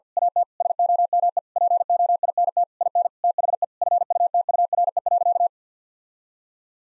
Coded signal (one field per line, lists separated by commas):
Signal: Morse code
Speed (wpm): 50 wpm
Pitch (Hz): 700 Hz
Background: none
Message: AT SOME POINT IN THE FUTURE.